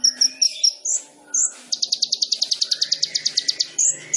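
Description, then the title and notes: Sunbird song: a few high chips and upslurs, then a long rapid high trill, closing with sharp rising calls. Masteran for training songbirds, suitable as a lure (pancingan): full fill-ins (isian) and tembakan bursts in lively gacor singing. "MASTERAN KOLIBRI NINJA FULL ISIAN DAN TEMBAKAN COCOK BUAT PANCINGAN. Suara Burung Kolibri Ninja Gacor"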